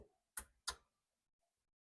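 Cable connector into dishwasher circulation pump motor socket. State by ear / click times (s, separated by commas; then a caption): seated / 0.7 s. A wiring harness cable plug is pushed by hand into its socket on the circulation pump motor of a GE dishwasher. Two sharp clicks sound, a first at 0.4 s and a louder one at 0.7 s. The connector seats tight at 0.7 s.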